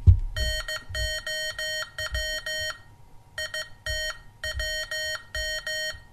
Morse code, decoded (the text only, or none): NOW IT WM